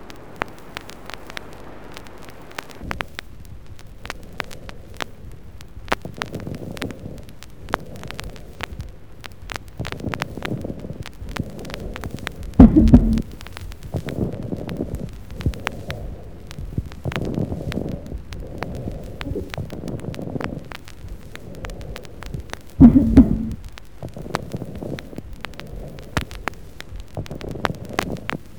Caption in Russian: Крепитация же выслушивается только на высоте вдоха, однотипно, не меняется при покашливании.